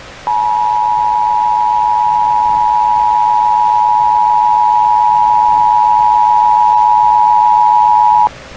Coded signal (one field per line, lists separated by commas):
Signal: Emergency Alert System (SAME) tones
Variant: 853 and 960 Hz attention tone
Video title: *VALID TONES* EAS Christmas Scenario: Evil Santa